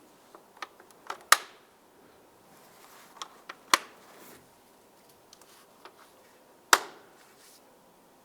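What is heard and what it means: Three locking clips on the air filter housing of a 2010-2013 Ford Transit Connect are snapped closed one after another while the air filter is reinstalled. Each clip gives a loud, sharp snap at 1.3, 3.7 and 6.7 seconds, with fainter ticks and clicks between them. All three clips lock shut, securing the housing.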